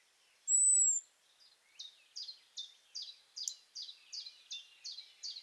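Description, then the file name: European robin giving a single thin, high, slightly falling whistle, then a steady series of about ten short, dropping notes about every half second. "Erithacus rubecula"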